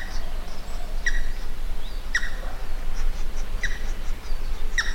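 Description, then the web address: Pheasant giving sharp, harsh single calls about every second over a loud low rumble of background noise. "animal-sound pheasant-sound"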